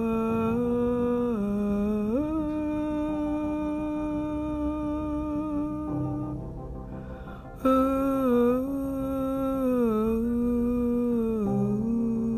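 A sustained vocal moan holds a steady low pitch, dipping near two seconds, rising again, then fading and thinning around six to seven seconds. It returns abruptly louder near eight seconds, sliding down gently toward ten seconds, with a rough low undertone throughout.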